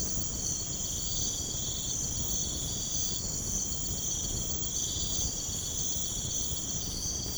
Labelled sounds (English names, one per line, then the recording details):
none
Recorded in pastures near Puerto Asís, Putumayo, Colombia, on 21 March 2025 at 05:00
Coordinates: 0.505, -76.324
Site GP08